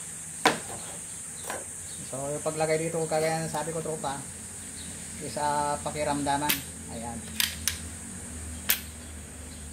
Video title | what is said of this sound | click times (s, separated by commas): Escppeta brand recondition | So kumagat na mga tropa. | 7.7 s, 8.7 s